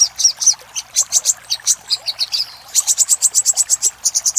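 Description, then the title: Little spiderhunter calling in high chips with a few slurred notes, then settling into a steady, rapid sequence of sharp notes. Master recording of little spiderhunter ('sogok ontong'), labelled Labaik, used for training cage birds. "Masteran Burung Sogok Ontong Labaik"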